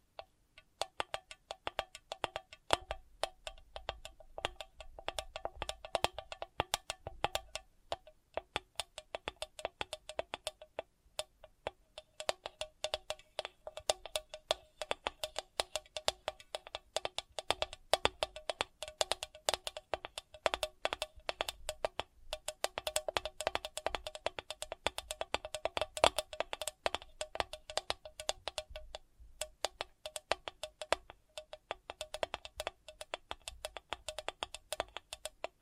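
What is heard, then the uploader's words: Sensitive tapping in dense, rapid clicks that run almost without pause for the whole clip, each tap crisp and bright with a light, hollow ring. The pace stays busy and uneven throughout, with only brief thinner moments near 8 and 11 seconds. Sensitive Tapping.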